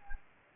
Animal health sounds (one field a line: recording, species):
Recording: mosquito wingbeat signal from an infrared sensor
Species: Anopheles gambiae